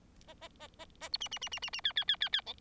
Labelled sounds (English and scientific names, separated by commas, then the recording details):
Bengalese Finch (Lonchura striata domestica) song
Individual Bird4